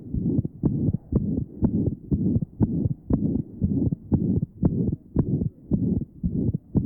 The loud ejection sound, the harsh ejection systolic murmur, and the wide splitting of the second sound.